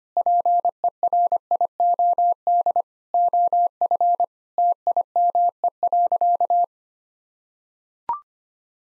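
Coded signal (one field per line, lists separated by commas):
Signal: Morse code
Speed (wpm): 25 wpm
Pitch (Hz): 700 Hz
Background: none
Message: PERIOD OF TIME.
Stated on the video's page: Morse practice sentences with common six-word phrases at 25 wpm for head-copy, each sent twice.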